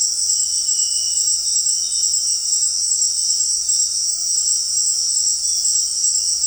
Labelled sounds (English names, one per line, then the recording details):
none
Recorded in dense forest near Puerto Asís, Putumayo, Colombia, on 4 March 2025 at 18:30
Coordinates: 0.499, -76.324
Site GP03